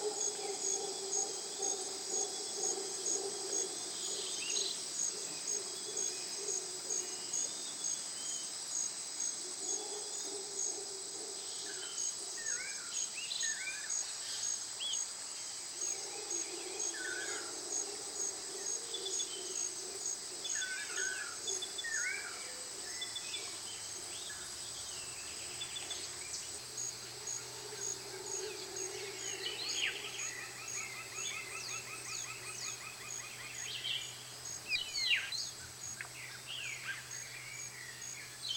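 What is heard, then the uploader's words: A forest after rain fills with a steady high insect buzz, scattered bird chirps and calls throughout, and a low hum that comes and goes. Forest after rain.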